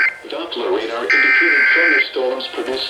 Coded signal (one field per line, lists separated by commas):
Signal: Emergency Alert System (SAME) tones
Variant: header bursts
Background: speech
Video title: Flash Flood Warning (EAS #156)